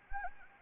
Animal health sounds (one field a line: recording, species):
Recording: mosquito wingbeat signal from an infrared sensor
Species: Anopheles arabiensis